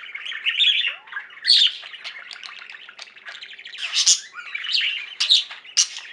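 Budgerigar chatter, scratchy warbling with a few loud shrill squeaks and whistled notes, going on without pause.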